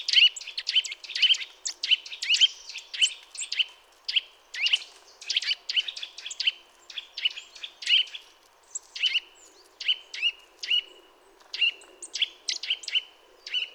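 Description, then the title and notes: Eurasian nuthatch giving many sharp, clear call notes in an uneven run, with faint background hiss. Sedentary bird starting to call during mild winter weather; contact calls followed by song; common in forests, parks and small woods; recorded with various equipment. "Sonothèque naturophonia. La Sittelle torche-pot (Sitta europaea)"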